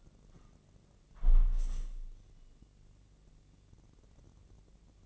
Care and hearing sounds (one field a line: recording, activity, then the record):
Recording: daily activity, microphone in the room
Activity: close window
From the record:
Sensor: 4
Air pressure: 1013.2 hPa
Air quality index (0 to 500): 170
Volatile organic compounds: 2 ppm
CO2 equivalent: 1070 ppm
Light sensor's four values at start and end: 37/90/36/37 and 36/90/36/36